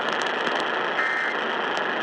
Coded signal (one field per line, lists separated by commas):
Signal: Emergency Alert System (SAME) tones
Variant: end-of-message bursts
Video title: EAS #3310 Tornado Warning on WILL-AM